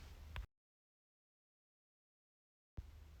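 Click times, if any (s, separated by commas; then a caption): 0.4 s. On a Worcester Bosch 30i erp combi boiler flow manifold, a pipe is fitted and its metal retaining clip is pushed to lock it. A single sharp click at 0.4 s rises over low background noise as the clip seats. The clip locks into place, and the sound cuts to silence until about 2.8 s, when the background noise returns.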